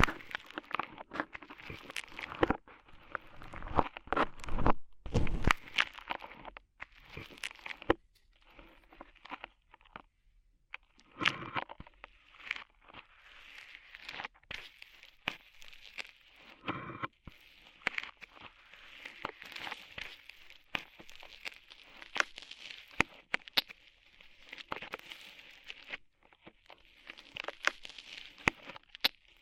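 Ear cleaning sounds with rhinestone and clay removal: dense, uneven crackling, crinkling and crunching, with sharp bright clicks scattered throughout. Louder bursts cluster around five seconds and again near eleven and seventeen, with brief quiet gaps between, and a faint murmur underneath.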